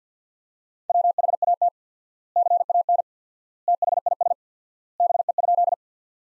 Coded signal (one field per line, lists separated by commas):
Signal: Morse code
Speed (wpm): 50 wpm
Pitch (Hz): 700 Hz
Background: none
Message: WHAT CAN THIS BE?